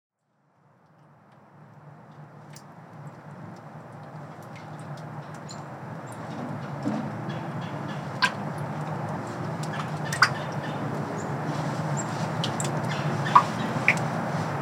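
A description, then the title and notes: Snow melting off a bridge on a winter trail: after a second of silence, a dense, soft rushing wash fades in and slowly grows louder. Sharp drips and clicks land sparsely over it, clearest near 8, 10 and 13 seconds, with a thin high whine throughout. Hidden Winter Sound Bath (Wahlfield Park Bridge). Day-old snow melts off of a bridge on the Wahfield Park trail, creating a delicate, echoing Michigan winter sound bath.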